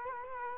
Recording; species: mosquito wingbeat signal from an infrared sensor; Culex quinquefasciatus